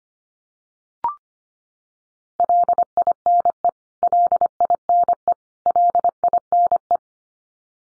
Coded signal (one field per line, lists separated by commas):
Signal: Morse code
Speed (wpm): 25 wpm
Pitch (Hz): 700 Hz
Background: none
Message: LINE LINE LINE